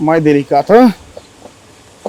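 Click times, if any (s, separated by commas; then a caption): 2.1 s. A filter housing cover with its seal is pressed onto the filter housing of a McCormick X7624 VT Drive tractor while someone talks. After a quiet stretch with a faint tap near 1.2 s, a sharp click at 2.1 s marks the cover seating firmly in place.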